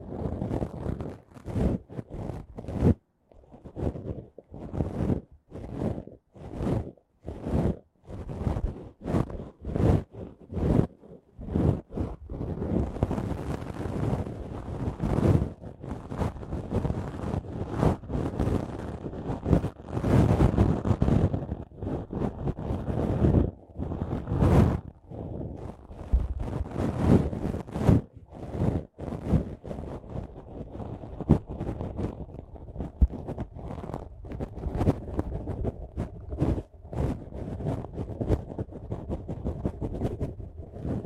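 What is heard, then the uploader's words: Muffled ear cleaning: rhythmic rubbing strokes with brief gaps for twelve seconds, then dense continuous scratching broken by occasional sharp clicks. Tascam 耳掃除 | Tascam Ear Cleaning | NO Talking.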